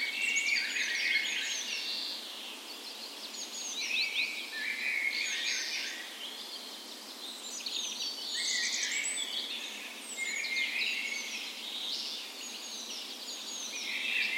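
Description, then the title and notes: Birdsong from several birds at dawn, bursts of sharp chirps and warbled phrases that swell and ease in loudness. Dawn chorus on the morning of 17 May, Norway's National Day, in a park west in Bergen, Norway, in full spring; Sony PCM A10 recorder with LOM Usi microphones as tree ears. "17th Of May Dawn Chorus. Recorded on the morning of Norways National Day the 17th of May in a park west in Bergen. Spring is in full effect, and the dawn chorus sounds wonderful!"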